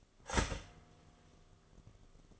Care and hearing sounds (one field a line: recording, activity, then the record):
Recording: daily activity, microphone in the room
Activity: start toaster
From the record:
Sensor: 4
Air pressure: 1015.5 hPa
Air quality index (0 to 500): 196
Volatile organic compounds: 9 ppm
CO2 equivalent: 2185 ppm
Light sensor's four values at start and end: 4/9/3/3 and 4/9/3/3